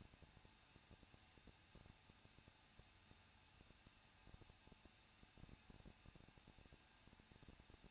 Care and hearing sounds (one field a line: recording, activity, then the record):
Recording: daily activity, microphone in the room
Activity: no activity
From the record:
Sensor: 2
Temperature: 21.0 degrees Celsius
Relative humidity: 37.5%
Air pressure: 1006.2 hPa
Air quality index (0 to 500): 222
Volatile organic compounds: 24 ppm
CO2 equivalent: 2821 ppm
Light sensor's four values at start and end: 2/3/2/2 and 2/3/2/2